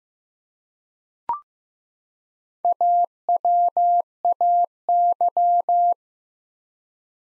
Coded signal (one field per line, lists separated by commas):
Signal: Morse code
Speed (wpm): 15 wpm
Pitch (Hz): 700 Hz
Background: none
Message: AWAY